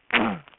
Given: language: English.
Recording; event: throat vibration sensor signal played as sound; throat clearing